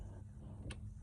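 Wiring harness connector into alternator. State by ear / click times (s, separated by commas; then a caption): seated / 0.7 s. A wiring harness connector is plugged into the back of the alternator on a 2013 Hyundai Sonata, with a low steady hum underneath. A sharp snap at 0.7 s shows the connector has seated, and no one talks.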